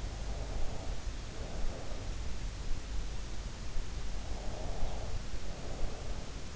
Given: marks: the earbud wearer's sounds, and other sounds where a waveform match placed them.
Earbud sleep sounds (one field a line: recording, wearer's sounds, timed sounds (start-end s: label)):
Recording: sounds in sleep by an in-ear microphone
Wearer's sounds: breath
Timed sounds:
0.14-2.38 s: breath
4.25-6.56 s: breath